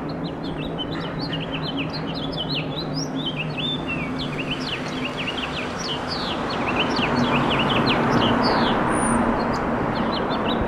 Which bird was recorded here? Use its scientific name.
Haemorhous mexicanus